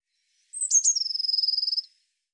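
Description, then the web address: Eurasian blue tit: two or three thin, very high notes followed by a long, rapid pulsing trill slightly lower in pitch. "cianscape birddata Deverinetal 2025 File cleaned normalized Bird Cy Ca"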